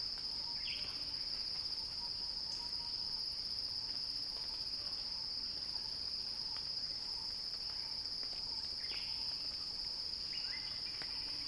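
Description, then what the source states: Cicada song, one unbroken high metallic whine that stays level the whole time, with a few faint scattered chirps in the background. Recording titled Cicada Crescendo.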